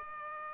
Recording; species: mosquito wingbeat signal from an infrared sensor; Aedes aegypti